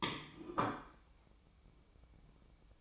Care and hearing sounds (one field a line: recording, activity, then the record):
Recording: daily activity, microphone in the room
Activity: place plate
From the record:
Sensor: 1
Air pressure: 1007.5 hPa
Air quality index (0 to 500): 77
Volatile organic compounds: 1 ppm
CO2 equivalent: 669 ppm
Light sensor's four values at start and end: 8/18/7/8 and 8/18/7/8